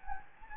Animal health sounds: mosquito wingbeat signal from an infrared sensor; Anopheles gambiae

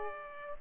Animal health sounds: mosquito wingbeat signal from an infrared sensor; Culex quinquefasciatus

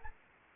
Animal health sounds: mosquito wingbeat signal from an infrared sensor; Anopheles arabiensis

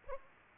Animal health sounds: mosquito wingbeat signal from an infrared sensor; Aedes aegypti

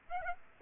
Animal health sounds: mosquito wingbeat signal from an infrared sensor; Aedes aegypti

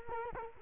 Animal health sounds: mosquito wingbeat signal from an infrared sensor; Culex quinquefasciatus

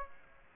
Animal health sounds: mosquito wingbeat signal from an infrared sensor; Aedes aegypti

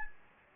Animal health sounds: mosquito wingbeat signal from an infrared sensor; Anopheles gambiae

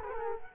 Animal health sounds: mosquito wingbeat signal from an infrared sensor; Culex quinquefasciatus

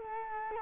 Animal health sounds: mosquito wingbeat signal from an infrared sensor; Culex quinquefasciatus

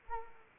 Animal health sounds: mosquito wingbeat signal from an infrared sensor; Anopheles arabiensis

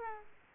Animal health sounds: mosquito wingbeat signal from an infrared sensor; Aedes aegypti

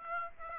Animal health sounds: mosquito wingbeat signal from an infrared sensor; Aedes aegypti

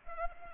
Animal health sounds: mosquito wingbeat signal from an infrared sensor; Culex pipiens

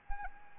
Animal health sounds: mosquito wingbeat signal from an infrared sensor; Anopheles arabiensis

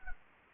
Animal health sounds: mosquito wingbeat signal from an infrared sensor; Anopheles arabiensis

